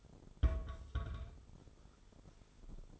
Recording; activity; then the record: daily activity, microphone in the room; place on stove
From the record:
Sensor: 5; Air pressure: 988.4 hPa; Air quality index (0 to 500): 203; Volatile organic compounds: 81 ppm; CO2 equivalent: 3614 ppm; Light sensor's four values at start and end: 47/140/55/60 and 49/142/56/61